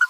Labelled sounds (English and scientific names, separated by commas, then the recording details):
Green-rumped Parrotlet (Forpus passerinus) babbling
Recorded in a nest box in Venezuela
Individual 18B25A5